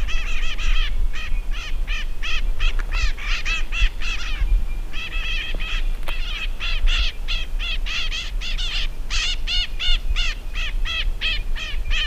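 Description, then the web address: Bird calls: a dense run of short, harsh, harmonic notes repeated in quick bursts, with a brief pause near the middle, over a steady low rumble. "BIRD 2015 SABIOD 50 bird 2015"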